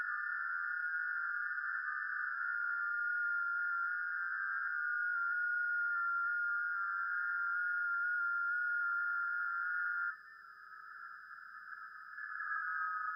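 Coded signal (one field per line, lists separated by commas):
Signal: FT8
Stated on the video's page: FT8 data received over the air on 40m via an NVIS dipole, real ham radio gear, not SDR or simulation, live stream.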